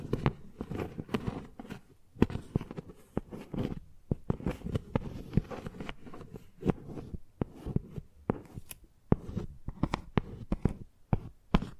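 Chalk tapping and scratching on a hard surface, with sharp, bright clicks landing irregularly but often, several per second. Between the taps runs a low, rough scraping texture that swells and fades, and a few louder knocks punctuate the steady rhythm throughout.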